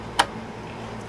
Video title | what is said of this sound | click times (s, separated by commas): How to Sharpen planer blades on Hitachi, Ryobi, Marquita ,and other planers . with a belt sander, | And of course you hear it snap in. | 0.2 s